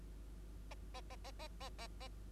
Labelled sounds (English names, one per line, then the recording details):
Bengalese Finch song
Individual Bird2